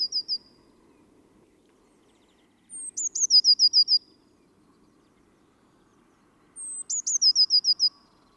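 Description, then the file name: Eurasian blue tit song: a thin high drawn note followed by a quick run of about six short notes, given twice after the tail of an earlier phrase, with faint low background hum. "Cyanistes caeruleus"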